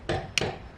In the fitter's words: and very gently slide the connector till it clicks back on the mass air flow sensor.